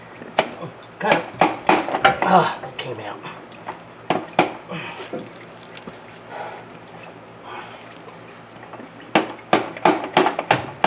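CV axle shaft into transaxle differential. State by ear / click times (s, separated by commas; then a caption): not seated / none. On a 2007 Hyundai, the front driver's side CV axle, a steel splined shaft with a snap ring, is being driven into the transaxle differential with a series of sharp blows: one cluster from about 0.4 to 2.1 s and another from 9.2 to 10.8 s, with someone talking in between. Nothing has seated or clicked yet; the axle is not locked in.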